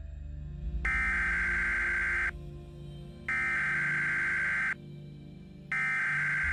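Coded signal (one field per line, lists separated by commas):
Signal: Emergency Alert System (SAME) tones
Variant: header bursts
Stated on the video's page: Emergency alert forming part of a fictional SCP audio drama.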